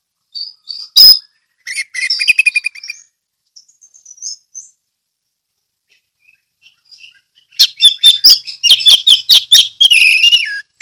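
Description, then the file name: Orange-headed thrush: soft scattered notes and a trilled phrase, a quiet spell, then a lively run of rapid sharp chips and warbled whistles. Orange-headed thrush singing in the ngeplong song style. "anis merah ngeplong"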